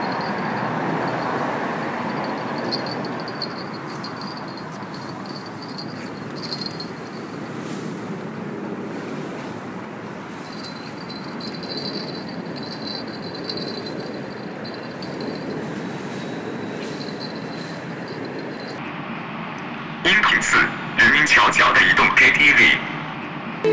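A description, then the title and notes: A fishing bell rings in bright, rapid clanging strikes near the end, after about twenty seconds of steady, dense traffic rumble and murmur. Fishing bell beside renmin bridge（人造/广州/2016 夜）.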